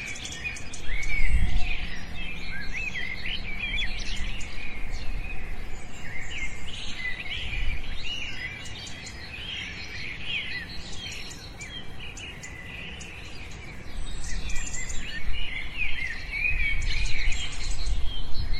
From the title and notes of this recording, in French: Dans cette expérience sonore, nous nous concentrons sur l'enchantement des chants d'oiseaux dans la forêt.